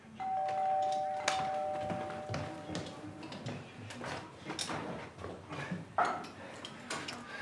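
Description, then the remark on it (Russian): A doorbell rings with a steady electronic two-note tone lasting a couple of seconds, followed by scattered knocks, bumps and clatters of household movement as someone rushes to open the door. “Зоя помчалась открывать дверь.”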